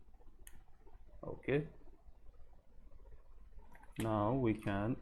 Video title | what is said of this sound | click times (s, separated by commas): PS5 Controller analoge stick drift repair -- L3 drift fix | push it inside till you hear it's clicking okay | 0.5 s